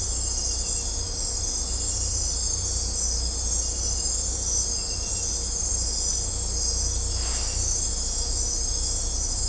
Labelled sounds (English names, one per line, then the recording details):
none
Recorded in dense forest near Puerto Asís, Putumayo, Colombia, on 16 December 2024 at 03:30
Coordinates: 0.503, -76.323
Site G043